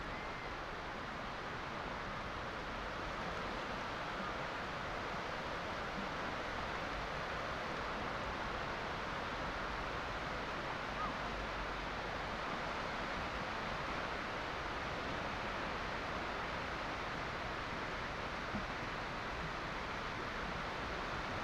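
Waves wash across a wide open beach in a steady, dense rush that never really breaks into separate crashes. The sound is full and hissing from low rumble to bright top, holding an even level for the whole stretch.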